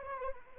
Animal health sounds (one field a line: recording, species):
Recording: mosquito wingbeat signal from an infrared sensor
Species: Anopheles arabiensis